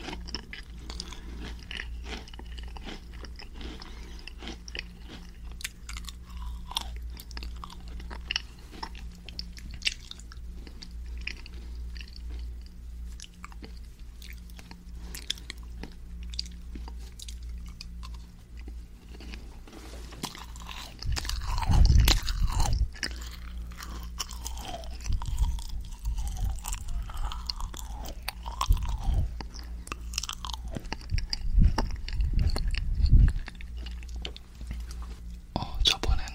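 Quiet eating sounds of macaron, jelly and rice cake: soft crunches and sticky, wet chewing clicks repeating steadily over a low hum. From about 21 seconds the chewing grows louder and fuller, with deeper thumps and moist squelches near 22, 29 and 33 seconds.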